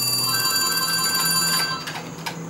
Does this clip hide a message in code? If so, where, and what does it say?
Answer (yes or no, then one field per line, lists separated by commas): no